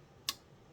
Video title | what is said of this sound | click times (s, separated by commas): The Elite Tactical Shatter #budgetfriendly #whynot #edc2022 | you hear it pop into place got a very positive lock when it closes | 0.3 s